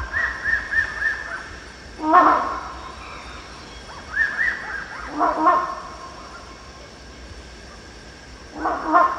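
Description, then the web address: Rhinoceros hornbill gives loud, rough honking calls about every three seconds, with whistled phrases from another bird between them. At Danum, 1 January 2008. "DANUM 20080101. rhinoceros hornbill"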